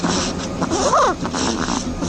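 A soft, hissy, breathy sound runs through the two seconds, with one brief, squeaky chirp that rises and falls in the middle. This is a snoring hazel dormouse, a member of the dormouse family.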